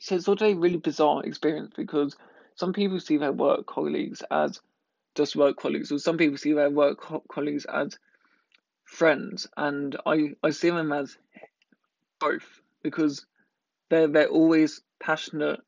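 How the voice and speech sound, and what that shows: Adult man speaking with part-word and word repetitions, a prolonged consonant and long pauses, consistent with stuttering. He has stammered all his life; his speech was late to develop, and he had weekly speech therapy for his first 10 years and later an intensive course at a specialist stammering centre. He also has dyslexia and dyspraxia.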